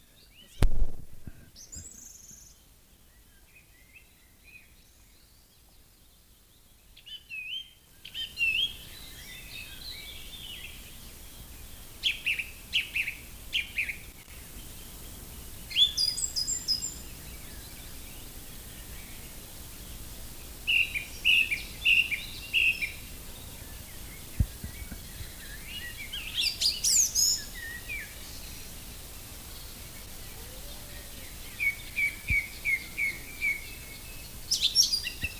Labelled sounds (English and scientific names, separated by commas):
Song Thrush (Turdus philomelos) song